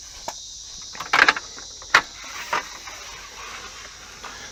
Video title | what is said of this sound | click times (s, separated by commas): How To: Packing Down The Sunburst Eclipse Aussie Traveller Awning | That'll go down to that point there where you can hear that clunk in. | 1.9 s